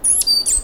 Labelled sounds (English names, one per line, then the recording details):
Stitchbird song
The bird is a male
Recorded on Tiritiri Matangi Island, New Zealand, in 2005
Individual 1, of nest box 1